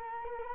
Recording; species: mosquito wingbeat signal from an infrared sensor; Culex quinquefasciatus